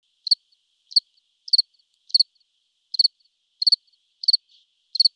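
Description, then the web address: House cricket chirping, short high bursts of two or three quick pulses repeated at short intervals against silence. "orbis pictus orbis dictus Heimchen"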